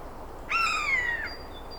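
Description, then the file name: Eurasian jay giving one long mewing call, a clear harmonic tone falling gently over about three quarters of a second, followed by a faint thin high whistle. "Garrulus glandarius"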